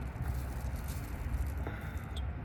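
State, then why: Seated. A new paper oil filter element for a 2021 Jeep Grand Cherokee is pushed into the plastic filter housing cap over steady low background noise. A sharp click at 1.7 s shows the element has seated in the cap, and a shorter, fainter tick follows at 2.2 s. The first click is enough, so pushing again only overdoes it.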